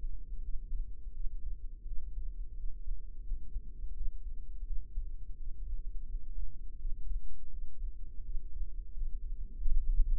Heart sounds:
heart sounds by microphone in the right ear; 85 bpm
0.40 s: heartbeat
1.12 s: heartbeat
1.83 s: heartbeat
2.54 s: heartbeat
3.22 s: heartbeat
3.92 s: heartbeat
4.63 s: heartbeat
5.35 s: heartbeat
6.05 s: heartbeat
6.76 s: heartbeat
7.49 s: heartbeat
8.22 s: heartbeat
8.92 s: heartbeat
9.61 s: heartbeat
From the record:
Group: healthy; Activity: rest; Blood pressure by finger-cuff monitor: 127/78 mmHg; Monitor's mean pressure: 94 mmHg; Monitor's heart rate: 85 bpm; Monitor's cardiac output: 6.9 L/min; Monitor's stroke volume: 81 mL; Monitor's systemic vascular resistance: 990 dyn s/cm5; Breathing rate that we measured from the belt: 20 breaths a minute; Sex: female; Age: 26 years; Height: 165 cm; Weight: 55 kg

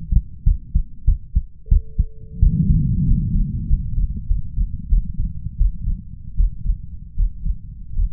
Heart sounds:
heart sounds by stethoscope; 88 bpm
0.43 s: heartbeat
1.04 s: heartbeat
1.68 s: heartbeat
2.39 s: heartbeat
3.04 s: heartbeat
3.66 s: heartbeat
4.26 s: heartbeat
4.88 s: heartbeat
5.56 s: heartbeat
6.35 s: heartbeat
7.15 s: heartbeat
7.94 s: heartbeat
From the record:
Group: healthy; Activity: rest 0-1 s, Valsalva maneuver 1-8 s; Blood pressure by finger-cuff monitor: 125/94 mmHg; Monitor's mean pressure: 104 mmHg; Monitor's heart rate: 91 bpm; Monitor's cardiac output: 6.2 L/min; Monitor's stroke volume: 67 mL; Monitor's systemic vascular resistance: 1240 dyn s/cm5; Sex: male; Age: 21 years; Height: 180 cm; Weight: 67.5 kg

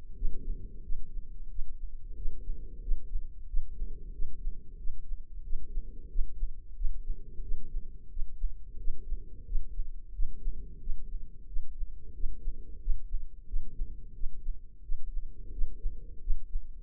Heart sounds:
heart sounds by microphone in the left ear; 90 bpm
0.15 s: heartbeat
0.83 s: heartbeat
1.49 s: heartbeat
2.16 s: heartbeat
2.81 s: heartbeat
3.47 s: heartbeat
4.12 s: heartbeat
4.77 s: heartbeat
5.43 s: heartbeat
6.09 s: heartbeat
6.75 s: heartbeat
7.42 s: heartbeat
8.09 s: heartbeat
8.78 s: heartbeat
9.45 s: heartbeat
10.13 s: heartbeat
10.80 s: heartbeat
11.46 s: heartbeat
12.13 s: heartbeat
12.80 s: heartbeat
13.46 s: heartbeat
14.14 s: heartbeat
14.82 s: heartbeat
15.51 s: heartbeat
16.20 s: heartbeat
From the record:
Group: healthy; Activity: rest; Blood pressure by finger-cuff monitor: 117/66 mmHg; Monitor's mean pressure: 80 mmHg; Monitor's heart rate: 90 bpm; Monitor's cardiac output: 6.7 L/min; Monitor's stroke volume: 74 mL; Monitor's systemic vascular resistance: 880 dyn s/cm5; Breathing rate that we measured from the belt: 18 breaths a minute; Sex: female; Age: 43 years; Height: 160 cm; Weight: 90 kg

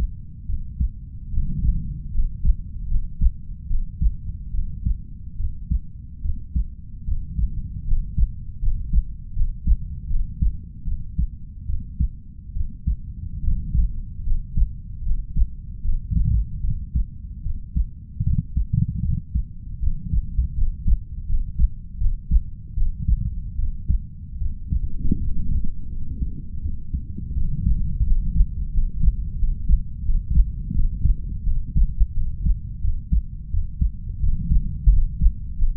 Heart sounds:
heart sounds by stethoscope; 79 bpm
0.46 s: heartbeat
1.29 s: heartbeat
2.11 s: heartbeat
2.87 s: heartbeat
3.67 s: heartbeat
4.51 s: heartbeat
5.36 s: heartbeat
6.21 s: heartbeat
7.04 s: heartbeat
7.84 s: heartbeat
8.59 s: heartbeat
9.33 s: heartbeat
10.07 s: heartbeat
10.84 s: heartbeat
11.65 s: heartbeat
12.52 s: heartbeat
13.40 s: heartbeat
14.23 s: heartbeat
15.02 s: heartbeat
15.81 s: heartbeat
16.60 s: heartbeat
17.42 s: heartbeat
18.22 s: heartbeat
19.01 s: heartbeat
19.79 s: heartbeat
20.54 s: heartbeat
21.25 s: heartbeat
21.97 s: heartbeat
22.73 s: heartbeat
23.55 s: heartbeat
24.37 s: heartbeat
25.17 s: heartbeat
25.88 s: heartbeat
26.61 s: heartbeat
27.33 s: heartbeat
28.03 s: heartbeat
28.70 s: heartbeat
29.35 s: heartbeat
30.01 s: heartbeat
30.71 s: heartbeat
31.43 s: heartbeat
32.13 s: heartbeat
32.80 s: heartbeat
33.49 s: heartbeat
34.19 s: heartbeat
34.89 s: heartbeat
35.54 s: heartbeat
From the record:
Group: healthy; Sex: female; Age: 32 years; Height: 168 cm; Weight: 61.9 kg

